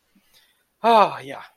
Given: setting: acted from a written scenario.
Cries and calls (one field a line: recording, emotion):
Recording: vocal sound without words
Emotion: pride